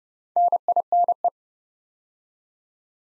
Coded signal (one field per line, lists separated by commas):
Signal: Morse code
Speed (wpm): 30 wpm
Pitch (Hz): 700 Hz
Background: none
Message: NINE